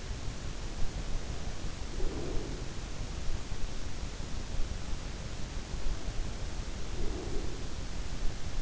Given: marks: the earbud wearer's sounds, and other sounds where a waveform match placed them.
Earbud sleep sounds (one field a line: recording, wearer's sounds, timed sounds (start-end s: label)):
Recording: sounds in sleep by an in-ear microphone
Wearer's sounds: breath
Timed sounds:
1.38-3.03 s: breath
6.26-8.62 s: breath